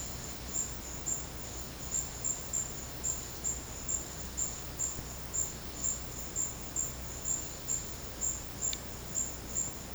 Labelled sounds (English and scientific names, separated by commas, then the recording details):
none
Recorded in secondary vegetation near Puerto Asís, Putumayo, Colombia, on 19 March 2025 at 12:00
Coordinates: 0.484, -76.319
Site G010